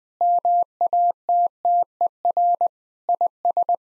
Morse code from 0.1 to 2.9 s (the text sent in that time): MATTER